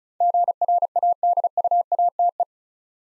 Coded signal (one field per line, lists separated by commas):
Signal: Morse code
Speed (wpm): 34 wpm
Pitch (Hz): 700 Hz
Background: none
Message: GRADUATE